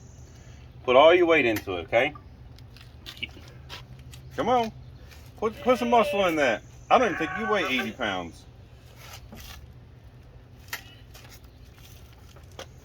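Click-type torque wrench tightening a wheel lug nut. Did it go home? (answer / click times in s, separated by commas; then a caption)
no / none. A child pulls on a click-type torque wrench set to 80 ft-lb to tighten a wheel lug nut while someone talks, with a few faint taps and knocks between the words. The child cannot apply enough force, so the wrench has not clicked yet and the lug nut is not yet torqued.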